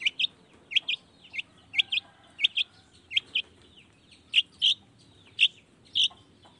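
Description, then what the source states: Long-tailed shrike repeating sharp paired chirps, then louder single notes, over low background noise. Vigorously singing long-tailed shrike in the morning with 'toet toet' sound variations, meant to stimulate lazy shrikes into singing along.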